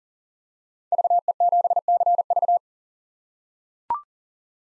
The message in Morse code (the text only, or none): VE7CV